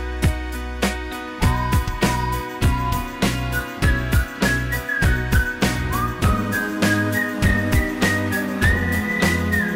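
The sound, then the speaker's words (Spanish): A thin, high whistled melody glides and holds long notes over a loud, steady backing track of punchy drums and deep bass; no one speaks. “Ojalá que no sea un plagio, pero qué más da, solo quiero silbar.”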